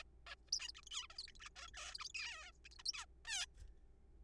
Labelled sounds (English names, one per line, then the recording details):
Zebra Finch
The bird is a juvenile
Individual R3428